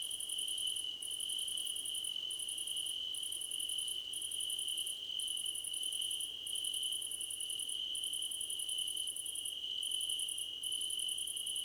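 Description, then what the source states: Crickets in chorus, rapid very high chirp runs broken by short gaps, above a constant shrill trill. Crickets in a chorus, described as a choir competition.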